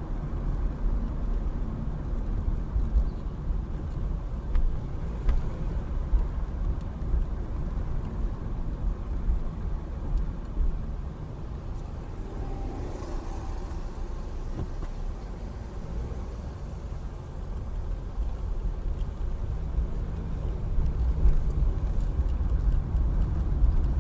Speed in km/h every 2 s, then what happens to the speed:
23, 18, 19, 21, 16, 13, 5, 0, 6, 8, 16, 21.
0-9 steady at about 19. 9-13 brakes to 0. 13-15 standing. 15-24 pulls away to 21.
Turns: none.